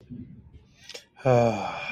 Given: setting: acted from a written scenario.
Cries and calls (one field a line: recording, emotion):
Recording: vocal sound without words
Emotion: serenity